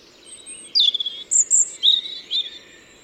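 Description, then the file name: European robin giving high, thin whistled notes and short sliding warbled phrases in several quick bursts, over a steady background hiss. "Erithacus rubecula"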